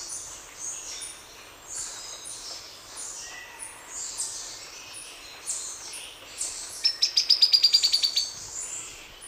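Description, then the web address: Buff-fronted foliage-gleaner, a quick run of about twelve sharp notes descending slightly, after a stretch of high hissing background. Ecuador. "Birds of Ecuador. Buff-fronted Foliage-gleaner"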